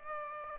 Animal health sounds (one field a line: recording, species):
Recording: mosquito wingbeat signal from an infrared sensor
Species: Aedes aegypti